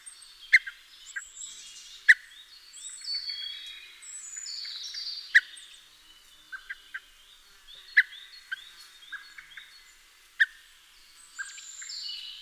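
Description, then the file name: Common blackbird repeating sharp clicking call notes every few seconds, while other birds whistle and twitter in the background. "Turdus merula"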